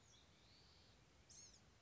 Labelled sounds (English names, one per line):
Blue-gray Gnatcatcher